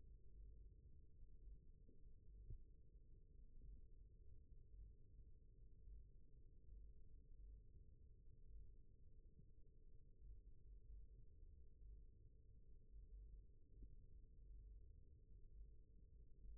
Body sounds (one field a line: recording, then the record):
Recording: forearm muscle sounds (acoustic myography)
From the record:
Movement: rest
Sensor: system 1, eight BSWA MPA416 microphones around the upper forearm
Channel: 2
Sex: male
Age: 28 years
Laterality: right